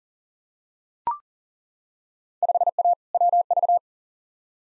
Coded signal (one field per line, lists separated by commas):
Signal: Morse code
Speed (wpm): 40 wpm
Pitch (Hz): 700 Hz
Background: none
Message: 5A WV